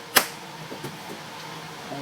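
A plastic door handle trim piece is pressed back into the interior door panel of a 2004 Pontiac Grand Prix by hand, during reassembly after a window regulator replacement. A single sharp snap is heard at 0.2 s, followed by a few faint softer knocks. The clip seats and the trim is in place.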